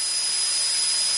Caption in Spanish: El acúfeno o el tinnitus, ¿no? De gente que oye un ruido. Hay muchos tipos de tinnitus.